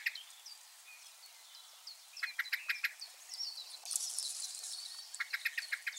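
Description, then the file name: Common blackbird calls as short hard clicking runs, two brief bursts, among busy twittering and a sudden hiss of high chatter from other birds. "Turdus merula"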